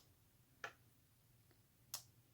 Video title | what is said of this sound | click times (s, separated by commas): Samsung Galaxy watch 3 | it snaps but you always charge it laying down | 0.6 s, 1.9 s